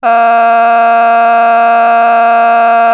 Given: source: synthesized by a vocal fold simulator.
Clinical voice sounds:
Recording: sustained vowel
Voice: female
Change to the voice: vocal strain, level 8 of 10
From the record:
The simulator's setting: 0.78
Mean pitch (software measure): 232 Hz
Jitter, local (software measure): 1.15%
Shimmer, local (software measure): 3.4%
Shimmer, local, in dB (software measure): 0.30 dB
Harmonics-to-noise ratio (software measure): 18.0 dB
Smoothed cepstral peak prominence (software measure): 17.6 dB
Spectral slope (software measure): -17.7 dB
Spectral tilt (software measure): -7.9 dB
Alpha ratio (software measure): -8.1 dB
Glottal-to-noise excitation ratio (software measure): 0.975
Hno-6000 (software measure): 1.9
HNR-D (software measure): 38.9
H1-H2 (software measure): -3.8 dB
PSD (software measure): 5.7e-05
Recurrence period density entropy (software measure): 0.116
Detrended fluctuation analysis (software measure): 0.0090

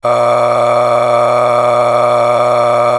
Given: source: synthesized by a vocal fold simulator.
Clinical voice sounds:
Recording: sustained vowel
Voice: male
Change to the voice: a random mix of aspiration noise, stiffness perturbation and strain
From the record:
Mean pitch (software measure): 120 Hz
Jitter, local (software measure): 2.91%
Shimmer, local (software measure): 11.7%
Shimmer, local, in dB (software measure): 1.04 dB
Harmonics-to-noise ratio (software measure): 8.2 dB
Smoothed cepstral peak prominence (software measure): 11.1 dB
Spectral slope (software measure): -15.5 dB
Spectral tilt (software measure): -9.3 dB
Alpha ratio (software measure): -6.0 dB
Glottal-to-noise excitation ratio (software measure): 0.850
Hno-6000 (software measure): 1.9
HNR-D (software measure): 22.2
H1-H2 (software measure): 3.5 dB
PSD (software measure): 2.5e-04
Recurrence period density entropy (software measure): 0.127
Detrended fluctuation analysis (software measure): 0.0388

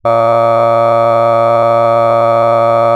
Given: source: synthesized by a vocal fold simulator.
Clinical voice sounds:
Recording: sustained vowel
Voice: male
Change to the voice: cycle-to-cycle stiffness perturbation (roughness), level 5 of 10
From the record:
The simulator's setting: 2.75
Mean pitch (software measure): 115 Hz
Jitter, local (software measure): 1.45%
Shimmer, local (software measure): 5.6%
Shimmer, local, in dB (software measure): 0.44 dB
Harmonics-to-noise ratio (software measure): 15.9 dB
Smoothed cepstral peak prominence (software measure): 19.8 dB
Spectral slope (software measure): -17.1 dB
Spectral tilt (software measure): -11.6 dB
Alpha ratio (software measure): -7.5 dB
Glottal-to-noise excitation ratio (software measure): 0.994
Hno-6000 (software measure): 2.3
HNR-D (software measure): 22.5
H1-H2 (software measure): 4.9 dB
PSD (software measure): 9.9e-05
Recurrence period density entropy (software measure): 0.106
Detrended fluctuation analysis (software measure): 0.0548

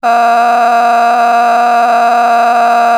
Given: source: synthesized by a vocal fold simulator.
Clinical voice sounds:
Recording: sustained vowel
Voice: female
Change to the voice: a random mix of aspiration noise, stiffness perturbation and strain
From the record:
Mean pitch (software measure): 236 Hz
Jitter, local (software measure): 1.68%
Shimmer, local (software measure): 10.4%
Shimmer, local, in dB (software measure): 0.93 dB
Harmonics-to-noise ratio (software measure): 13.5 dB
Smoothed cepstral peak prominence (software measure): 14.3 dB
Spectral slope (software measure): -18.0 dB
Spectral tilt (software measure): -9.5 dB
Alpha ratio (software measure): -8.4 dB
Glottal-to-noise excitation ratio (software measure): 0.924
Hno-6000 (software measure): 1.8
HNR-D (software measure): 36.4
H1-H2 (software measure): -2.2 dB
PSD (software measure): 8.7e-05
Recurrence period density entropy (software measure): 0.117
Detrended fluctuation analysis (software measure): 0.0112

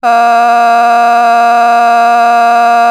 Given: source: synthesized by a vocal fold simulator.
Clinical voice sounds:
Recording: sustained vowel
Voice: female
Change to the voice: vocal strain, level 7 of 10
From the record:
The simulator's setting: 0.67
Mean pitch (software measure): 235 Hz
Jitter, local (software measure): 0.76%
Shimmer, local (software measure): 4.0%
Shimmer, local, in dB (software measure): 0.35 dB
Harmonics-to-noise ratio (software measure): 20.8 dB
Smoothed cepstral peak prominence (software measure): 19.9 dB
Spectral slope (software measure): -17.9 dB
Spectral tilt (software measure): -8.0 dB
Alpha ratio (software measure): -8.4 dB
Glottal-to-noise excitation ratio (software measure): 0.971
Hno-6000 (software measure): 1.9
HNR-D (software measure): 40.6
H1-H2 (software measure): -2.5 dB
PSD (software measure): 4.6e-05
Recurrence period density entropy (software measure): 0.118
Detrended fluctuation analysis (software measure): 0.0104

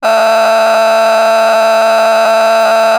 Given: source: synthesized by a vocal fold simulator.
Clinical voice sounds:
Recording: sustained vowel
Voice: female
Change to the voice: vocal strain, level 10 of 10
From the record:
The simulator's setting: 1.00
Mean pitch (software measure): 223 Hz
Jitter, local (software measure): 2.79%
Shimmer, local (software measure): 3.9%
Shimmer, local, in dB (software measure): 0.35 dB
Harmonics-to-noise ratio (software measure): 10.9 dB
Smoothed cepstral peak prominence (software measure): 12.7 dB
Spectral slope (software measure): -17.1 dB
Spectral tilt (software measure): -8.0 dB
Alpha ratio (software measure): -7.6 dB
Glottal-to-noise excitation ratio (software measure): 0.912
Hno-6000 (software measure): 1.6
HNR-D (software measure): 33.9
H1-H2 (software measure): -2.5 dB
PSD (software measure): 1.6e-03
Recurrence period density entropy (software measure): 0.124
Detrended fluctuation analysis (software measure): 0.0088

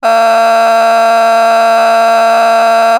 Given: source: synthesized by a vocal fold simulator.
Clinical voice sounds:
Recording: sustained vowel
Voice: female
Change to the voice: a random mix of aspiration noise, stiffness perturbation and strain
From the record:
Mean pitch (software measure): 228 Hz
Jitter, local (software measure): 1.81%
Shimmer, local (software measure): 2.8%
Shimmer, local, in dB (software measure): 0.25 dB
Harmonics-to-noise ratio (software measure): 15.5 dB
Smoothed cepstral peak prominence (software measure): 13.9 dB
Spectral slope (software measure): -17.4 dB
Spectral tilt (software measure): -7.8 dB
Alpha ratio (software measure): -7.9 dB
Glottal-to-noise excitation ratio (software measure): 0.941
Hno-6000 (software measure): 1.7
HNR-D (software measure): 32.3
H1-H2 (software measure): -3.0 dB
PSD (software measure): 7.3e-05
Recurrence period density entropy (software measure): 0.118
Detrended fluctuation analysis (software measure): 0.0087

